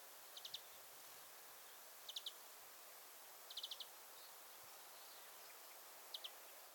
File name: Chloris chloris